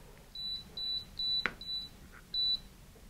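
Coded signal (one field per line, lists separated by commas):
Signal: beep code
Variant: Altus Metro EasyMini altimeter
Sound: four short high beeps, a pause, then one more beep; a click between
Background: small room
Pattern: 4-1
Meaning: Battery voltage reads 4.1 volts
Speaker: there was four beeps and then a pause and then one more beep and what this tells me is the the battery voltage so that's 4.1 volts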